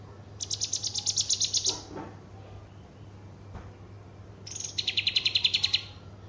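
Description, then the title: Horsfield's bush lark singing two rapid series of high, clipped notes, each about a second long, with a quiet gap between them and a faint low hum. Called branjangan, a javanica bird singing its full repertoire of song material, described as outstanding. "Branjangan Istimewa Javanica Full Materi"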